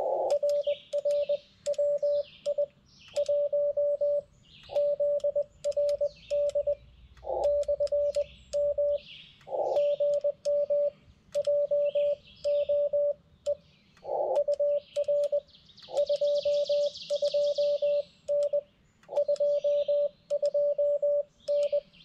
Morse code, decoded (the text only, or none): RR WI1ZRD/M GM JOE UR 22N 22N